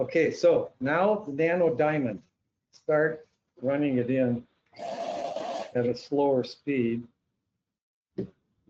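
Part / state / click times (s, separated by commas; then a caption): polishing bur into dental handpiece latch / not seated / none. A nano-diamond polishing bur is pushed into the latch head of a slow-speed dental handpiece while someone talks, and a brief sharp sound is heard at about 8.2 seconds. The latch does not catch, and nothing has seated or clicked yet.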